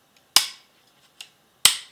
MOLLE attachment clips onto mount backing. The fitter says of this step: and my best has molly attachments on there so these will just click into place